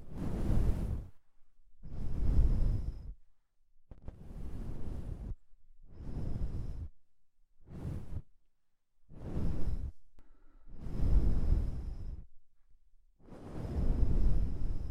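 Ear cleaning sounds come as repeated soft, rumbling swishes, about seven in fifteen seconds, each swelling and fading with quiet gaps between.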